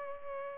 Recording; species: mosquito wingbeat signal from an infrared sensor; Culex pipiens